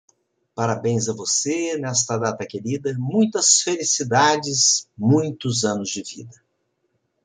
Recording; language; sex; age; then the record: short text; Brazilian Portuguese; male; 60 to 69 years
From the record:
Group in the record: control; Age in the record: 60 years